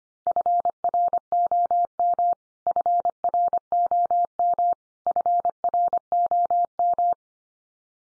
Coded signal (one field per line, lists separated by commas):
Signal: Morse code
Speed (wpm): 25 wpm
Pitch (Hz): 700 Hz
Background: none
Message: FROM FROM FROM